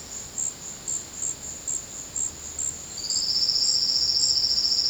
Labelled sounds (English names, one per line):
none